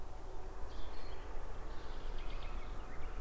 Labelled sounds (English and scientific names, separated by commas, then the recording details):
Cetti's Warbler (Cettia cetti), Common Nightingale (Luscinia megarhynchos)
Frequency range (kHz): Cetti's Warbler (Cettia cetti) 2.8-6.1 kHz; Common Nightingale (Luscinia megarhynchos) 1.8-4.9 kHz
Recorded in France